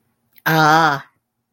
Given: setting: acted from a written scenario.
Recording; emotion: vocal sound without words; contempt